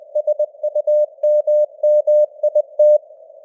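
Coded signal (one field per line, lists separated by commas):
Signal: Morse code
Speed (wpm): 20 wpm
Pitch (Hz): 600 Hz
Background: none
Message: SUMMIT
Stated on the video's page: News headlines at 20 wpm with simulated radio noise and varying signal strength (QSB).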